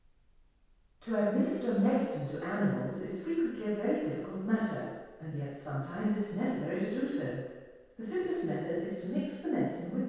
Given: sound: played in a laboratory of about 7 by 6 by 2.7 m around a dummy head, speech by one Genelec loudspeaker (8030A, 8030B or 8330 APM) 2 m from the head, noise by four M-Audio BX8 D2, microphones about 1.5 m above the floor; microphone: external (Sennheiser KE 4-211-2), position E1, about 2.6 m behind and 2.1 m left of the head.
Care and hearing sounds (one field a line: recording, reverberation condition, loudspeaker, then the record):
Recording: female speech in English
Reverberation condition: high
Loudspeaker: 90 degrees to the left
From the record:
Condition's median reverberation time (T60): about 1300 ms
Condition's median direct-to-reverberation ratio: about -4.0 dB